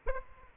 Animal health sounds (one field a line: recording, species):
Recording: mosquito wingbeat signal from an infrared sensor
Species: Aedes aegypti